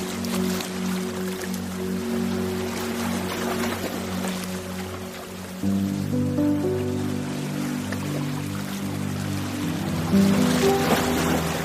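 Ocean waves wash steadily beneath slow, soothing music built from long, held low chords. The chord changes just before the six-second mark and grows slightly fuller, and a few brighter notes drift in near the ten-second mark.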